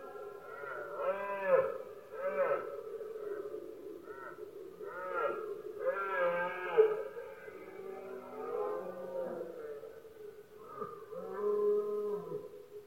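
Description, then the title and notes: Red deer roaring throughout, a series of deep groaning bellows. Male red deer bellowing during the rut, known as berrea or brama, Spain, best heard at night when surroundings are quiet. "Paisaje sonoro: Berrea #04. berrea del ciervo. brama del ciervo"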